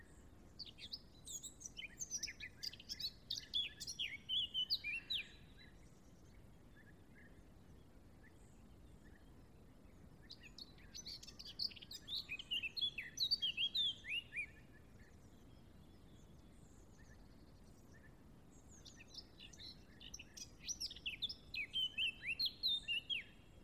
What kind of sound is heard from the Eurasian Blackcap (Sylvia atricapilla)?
song